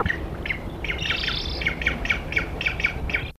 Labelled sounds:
Black-headed Ibis (Threskiornis melanocephalus) call

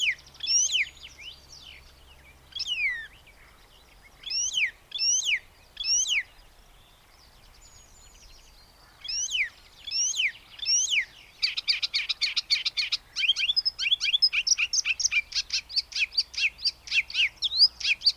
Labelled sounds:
Icterine Warbler (Hippolais icterina) song

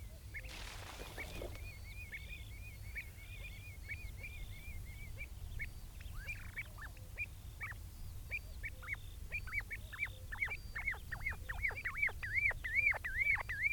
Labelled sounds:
Common Ringed Plover (Charadrius hiaticula) call

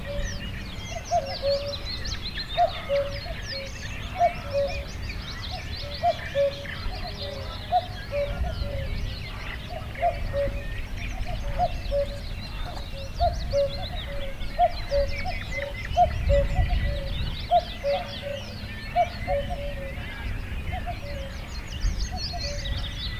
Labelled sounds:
Common Cuckoo (Cuculus canorus)

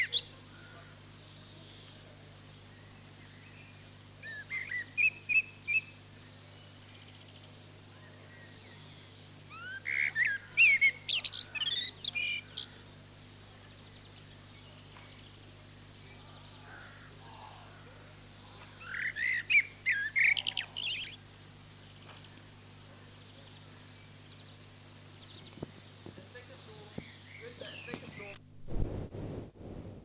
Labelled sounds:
Common Blackbird (Turdus merula) song

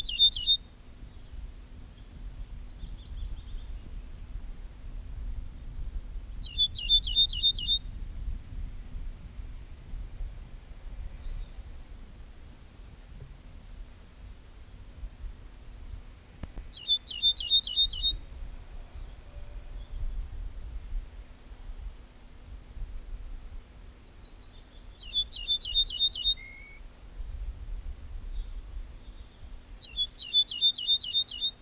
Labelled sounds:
Ortolan Bunting (Emberiza hortulana) song

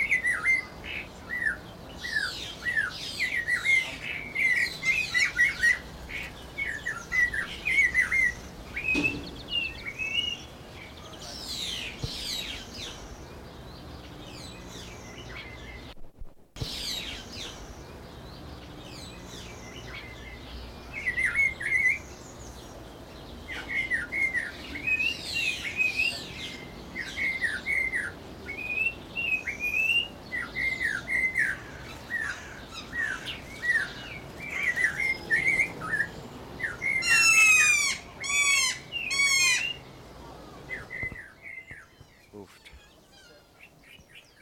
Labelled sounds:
Snowy-crowned Robin-Chat (Cossypha niveicapilla)

